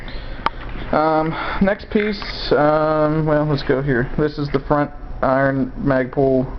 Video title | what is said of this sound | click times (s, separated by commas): Ar-15 Modifications and Upgrades. Easy attachments to put on your weapon | push it in until it clicks and you're good to go | 0.5 s